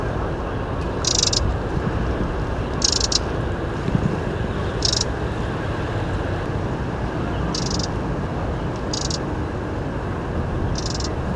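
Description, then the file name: Eurasian wren giving brief scratchy rattling calls at irregular intervals, partly masked by heavy continuous low-pitched rumbling noise. "Troglodytes troglodytes"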